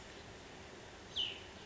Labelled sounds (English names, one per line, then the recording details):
Cassin's Vireo
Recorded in Sonoma County, California